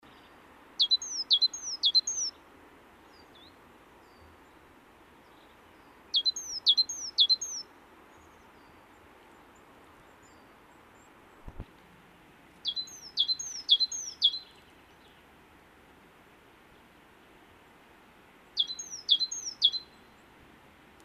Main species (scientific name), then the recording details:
Parus major. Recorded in the wild. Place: DE. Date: 1971-04-10. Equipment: Nagra IV, Sennheiser MKH 405. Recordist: Tretzel, Erwin